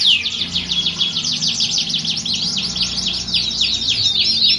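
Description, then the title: Canary song, crowded high trills and crisscrossing whistled sweeps, pouring out continuously over a soft background hum. Belgian canary; warm-up song used for singing contest training, simulating a contest to train a champion canary's mentality. "Canto Para Esquentar Canário Belga. Simulasi Lomba Kenari. Suara Kenari Lomba. Melatih Mental Kenari Juara"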